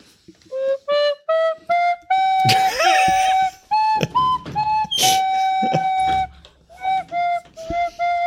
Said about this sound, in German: Ich kann das ja mit der Flöte ein bisschen untermalen.